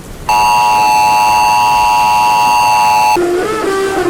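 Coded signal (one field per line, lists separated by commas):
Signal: Emergency Alert System (SAME) tones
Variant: 853 and 960 Hz attention tone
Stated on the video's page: Fictional EAS scenario.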